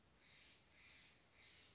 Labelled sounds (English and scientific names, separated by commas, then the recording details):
Steller's Jay (Cyanocitta stelleri)
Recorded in Sonoma County, California